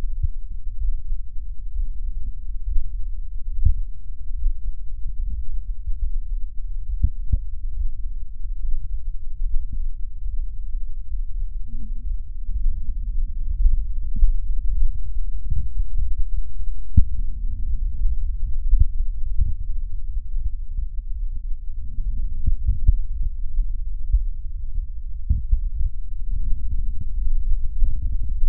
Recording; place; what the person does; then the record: lung sounds by stethoscope; right posterior basal chest; quiet breathing, then deep breathing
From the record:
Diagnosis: none (healthy); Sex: male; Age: 30 years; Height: 190 cm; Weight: 88 kg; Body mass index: 24.4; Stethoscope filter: bell mode